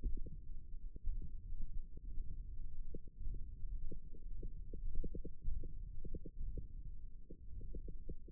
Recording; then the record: forearm muscle sounds (acoustic myography)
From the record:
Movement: hand opening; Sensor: system 1, eight BSWA MPA416 microphones around the upper forearm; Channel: 2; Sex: female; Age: 22 years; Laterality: right